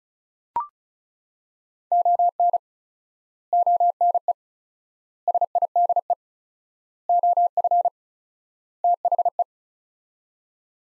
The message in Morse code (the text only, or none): ON ONE SIDE OF THE